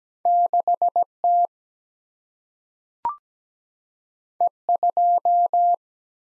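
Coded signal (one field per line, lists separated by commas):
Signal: Morse code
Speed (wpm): 17 wpm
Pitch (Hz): 700 Hz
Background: none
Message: 6 T E 2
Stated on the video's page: Computer-generated Morse head-copy drill of single-letter/single-number combinations at 17 wpm; each sent, spoken, then sent again.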